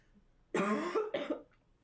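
An adult coughs after swallowing wrong: two harsh bursts of cough.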